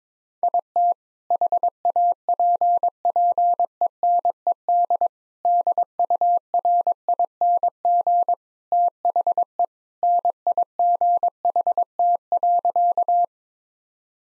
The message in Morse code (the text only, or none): IT HAPPENED DURING THE NIGHT.